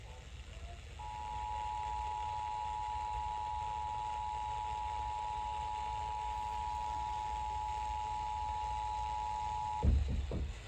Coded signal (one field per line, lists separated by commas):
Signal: Emergency Alert System (SAME) tones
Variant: 853 and 960 Hz attention tone